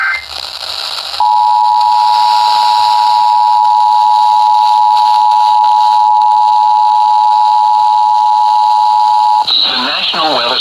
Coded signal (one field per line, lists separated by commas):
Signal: Emergency Alert System (SAME) tones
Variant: 853 and 960 Hz attention tone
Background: speech